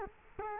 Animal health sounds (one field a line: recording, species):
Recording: mosquito wingbeat signal from an infrared sensor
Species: Culex quinquefasciatus